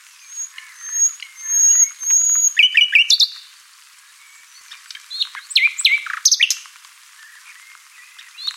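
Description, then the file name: Common nightingale singing drawn-out thin high whistles, then a short stuttering phrase, a quiet gap, and a second burst of sharp varied notes. "Luscinia megarhynchos"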